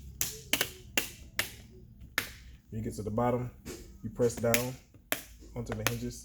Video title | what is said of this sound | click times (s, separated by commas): Laptop screen replacement / How to replace laptop screen HP Stream 14-cb164wm | said you should hear a snap in all along the edge | 0.2 s, 0.5 s, 1.0 s, 1.4 s, 2.2 s